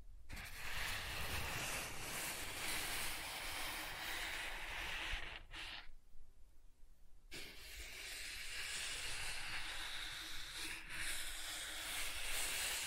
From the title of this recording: Soft Tracing on Smooth and Rough Surfaces